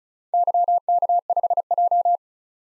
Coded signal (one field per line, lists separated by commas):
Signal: Morse code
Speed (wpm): 36 wpm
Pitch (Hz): 700 Hz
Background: none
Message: YK5J